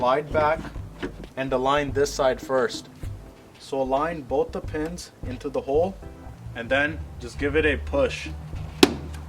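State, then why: Seated. A plastic taillight assembly on a Range Rover Sport, during a brake light LED upgrade, is pushed into the rear body with both locating pins lined up in their holes while someone talks over background music. A sharp locking snap at 8.8 s shows the assembly has seated and is locked in place.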